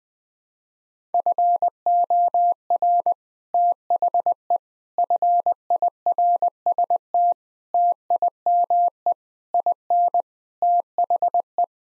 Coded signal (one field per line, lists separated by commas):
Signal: Morse code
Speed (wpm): 20 wpm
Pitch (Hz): 700 Hz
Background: none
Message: FOR THE FIRST TIME IN THE